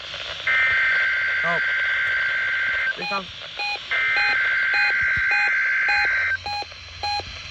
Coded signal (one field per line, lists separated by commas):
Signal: Emergency Alert System (SAME) tones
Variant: header bursts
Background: speech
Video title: EAS 2125-2130: EAS Alerts @ Camp pt 9 on 7/28/21